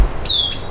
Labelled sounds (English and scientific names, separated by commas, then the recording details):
Stitchbird (Notiomystis cincta) song
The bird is a male
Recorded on Tiritiri Matangi Island, New Zealand, in 2005
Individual 12, of nest box 16